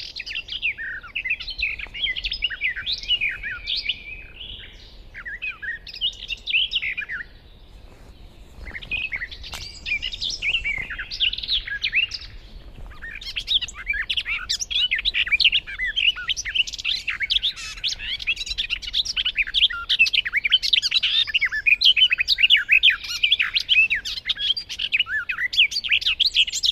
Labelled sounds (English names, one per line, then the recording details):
Garden Warbler song
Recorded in the wild
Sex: male
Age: adult
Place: Hobrechtsfelder Rieselfelder, Naturpark Barnim, Berlin, DE
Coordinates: 52.66, 13.4767
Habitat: decidous forest
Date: 2013-05-12
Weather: sunny, windless, 10°C
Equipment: Sound Devices 702, Sennheiser MKH 70, Rycote Windschutz
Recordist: Frommolt, Karl-Heinz
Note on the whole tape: Gesang einer Gartengrasmücke. Entfernung ca